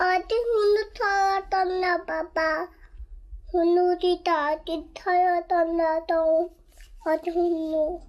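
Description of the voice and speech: A young girl with genetic hearing loss, inherited from recessive genes of both parents, speaks short Korean phrases in a high child's voice, with pauses. She hears some sound but cannot hear high frequencies, so her pronunciation is inaccurate. She wears hearing aids in both ears.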